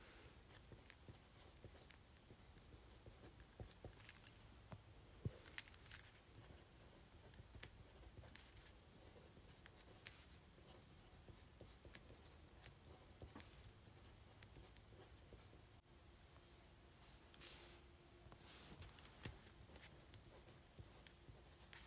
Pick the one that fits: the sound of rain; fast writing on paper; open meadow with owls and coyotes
fast writing on paper